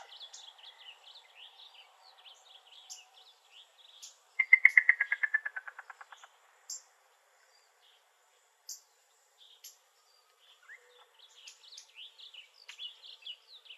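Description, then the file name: Yellow-billed cuckoo giving a rapid series of clucks that falls in pitch, amid ongoing twittering from other birds. Arizona. "YBCU 2 Deviche"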